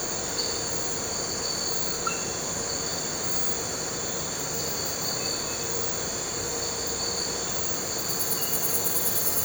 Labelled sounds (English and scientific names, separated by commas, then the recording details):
none
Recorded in pastures near Puerto Asís, Putumayo, Colombia, on 4 March 2025 at 04:30
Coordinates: 0.466, -76.322
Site CSA-02